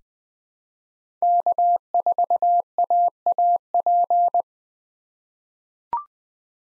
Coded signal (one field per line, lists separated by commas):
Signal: Morse code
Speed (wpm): 20 wpm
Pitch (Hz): 700 Hz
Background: none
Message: K4AAP